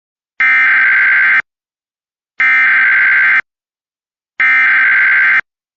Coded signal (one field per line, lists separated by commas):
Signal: Emergency Alert System (SAME) tones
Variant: header bursts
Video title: EAS 210 - LAE for a missing individual in Idaho